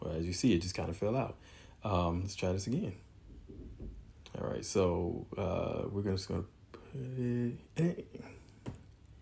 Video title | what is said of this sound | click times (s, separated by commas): One:12 Mezco Bishop | it kind of goes in there a bit I mean it kind of sits that you can get in there where it sits in there a little bit where it's it doesn't snap in but | 8.7 s